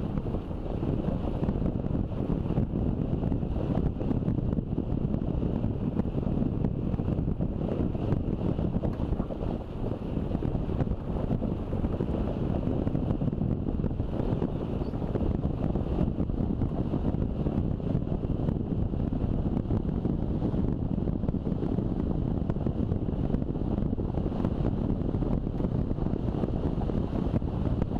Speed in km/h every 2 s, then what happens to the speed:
27, 27, 27, 26, 28, 29, 30, 31, 31, 31, 33, 34, 35, 35.
0-28 speeds up to 35.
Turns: none.